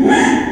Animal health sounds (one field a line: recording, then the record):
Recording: squeal of a Yucatan mini pig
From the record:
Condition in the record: after surgery on the right vocal fold (resection and tissue-engineered implant)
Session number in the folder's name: 4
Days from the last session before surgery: 42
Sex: male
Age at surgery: 12 weeks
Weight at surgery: 13 kg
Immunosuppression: cyclosporine, prednisolone